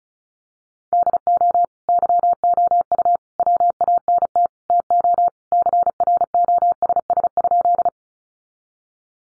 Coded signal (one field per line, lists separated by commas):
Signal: Morse code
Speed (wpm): 34 wpm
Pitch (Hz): 700 Hz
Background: none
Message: DO YOU WANT TO CROSS?